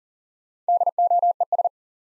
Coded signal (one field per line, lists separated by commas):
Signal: Morse code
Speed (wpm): 40 wpm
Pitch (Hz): 700 Hz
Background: none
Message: DOES